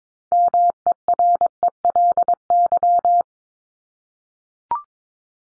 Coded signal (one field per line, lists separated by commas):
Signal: Morse code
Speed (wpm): 22 wpm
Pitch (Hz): 700 Hz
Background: none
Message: MERELY